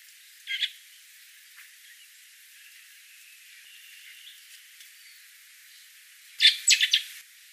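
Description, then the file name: Common blackbird calls: a short sharp note near the start, then a quick cluster of clicking chinks near the end, with quiet in between. "Turdus merula"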